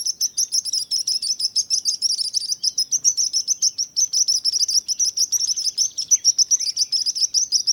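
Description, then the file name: Sparrow song of quick, sharp high chirps delivered in a steady, almost continuous chatter for the whole stretch, with little else audible. Sparrow singing while flying. "felix blume animals bird sparrow singing flying"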